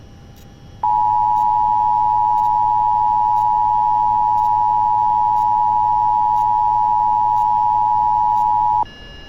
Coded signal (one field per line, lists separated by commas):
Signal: Emergency Alert System (SAME) tones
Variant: 853 and 960 Hz attention tone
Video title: (ARCHIVED) AMBER ALERT CHAOS. EAS alerts from 7/7/23 (EAS #86-90)